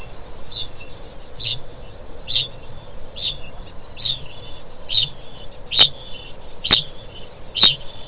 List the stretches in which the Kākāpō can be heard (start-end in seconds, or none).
0.00-1.03, 1.29-8.07